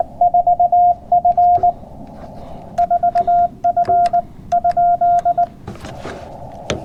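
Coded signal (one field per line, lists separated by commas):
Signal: Morse code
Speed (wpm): 19 wpm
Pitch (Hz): 700 Hz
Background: none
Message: 4F 4F ?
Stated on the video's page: CW park activation with a Yaesu FT-891 at 20 watts into a 20m end-fed half-wave antenna on a portable mast.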